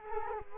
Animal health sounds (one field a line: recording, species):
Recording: mosquito wingbeat signal from an infrared sensor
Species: Culex quinquefasciatus